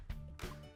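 A metal snap ring (retaining ring) for a GE GFC525V garbage disposal mounting is worked around the sink flange under the sink toward its groove. Handling noises are heard over background music, with a sharp sound at 0.4 s. The ring has not seated or snapped into place yet.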